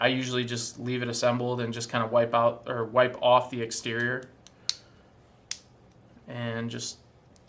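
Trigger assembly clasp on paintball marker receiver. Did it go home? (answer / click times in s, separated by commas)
no / none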